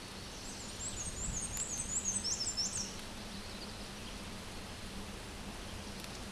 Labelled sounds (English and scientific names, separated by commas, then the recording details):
Black-and-white Warbler (Mniotilta varia) song
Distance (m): 20 m
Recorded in a Pennsylvania forest on 17 May 2023 at 12:04
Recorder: AudioMoth, point grid1_29_low
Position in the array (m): 51 m, 84 m